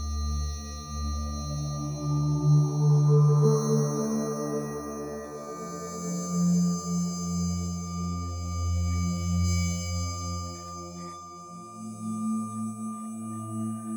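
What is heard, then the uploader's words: Tibetan singing bowls ring with long, overlapping tones that hum low and slowly waver, swelling near the start and again around the ten-second mark. Steady high, thin tones hang above throughout, and the sound stays continuous without sharp strikes. Tibetan meditation alpha wave 11hz for relaxed focus.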